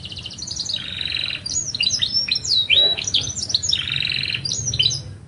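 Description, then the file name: Lancashire canary song, continuous and varied, alternating dry buzzy rolls with quick rising and falling whistled notes and fast trills, a steady low hum beneath. "kenari lancashire"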